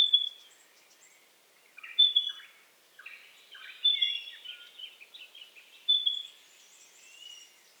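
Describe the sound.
Pardalote calling with short, high, clear notes repeated about every two seconds, mixed with softer twittering chirps.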